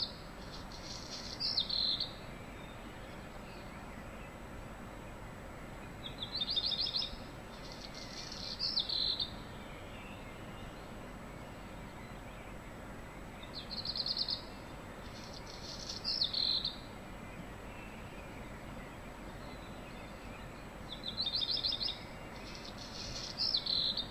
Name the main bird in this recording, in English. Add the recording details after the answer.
Black Redstart. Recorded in the wild. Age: adult. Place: Untertweng, AT. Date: 1972-05-14. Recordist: Brunner, Thomas. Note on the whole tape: Aufnahme: Untertweng, Gegental, Kärnten